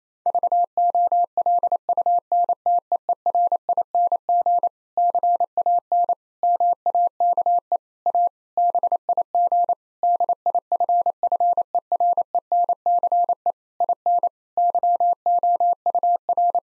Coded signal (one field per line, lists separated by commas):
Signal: Morse code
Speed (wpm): 28 wpm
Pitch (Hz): 700 Hz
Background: none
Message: VOLUNTEERING CAN MAKE A BIG DIFFERENCE IN YOUR